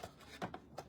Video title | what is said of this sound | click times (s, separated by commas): Sat 8th nov Christmas crackers and cracker boxes | that pops and just clicks | 0.5 s, 0.8 s